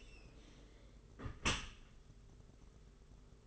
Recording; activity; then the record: daily activity, microphone in the room; close dishwasher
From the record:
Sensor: 4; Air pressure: 992.2 hPa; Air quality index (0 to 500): 108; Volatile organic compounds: 17 ppm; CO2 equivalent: 2583 ppm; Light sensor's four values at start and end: 23/79/29/30 and 23/79/29/30